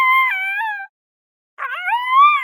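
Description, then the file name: Dog puppy howling, a thin wavering high howl, a short pause, then a second rising howl that swells louder. Puppy, nine weeks old, howling. "Ann 9 wks Pup Howls"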